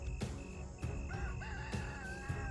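A rooster in a cage crows at 3 a.m. outside the door of a woodshed, in a long, wavering call that rises and falls in pitch, over a steady background hum broken by a few sharp knocks.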